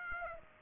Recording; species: mosquito wingbeat signal from an infrared sensor; Aedes aegypti